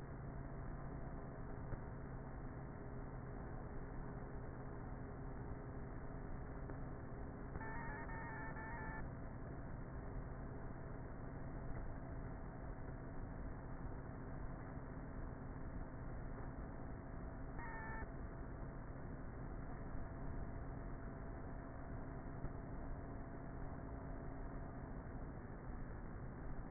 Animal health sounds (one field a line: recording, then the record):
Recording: honeybee colony, microphone inside the hive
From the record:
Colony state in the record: queenless with a low population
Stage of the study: before two queens were removed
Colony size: about 30,000 bees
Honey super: no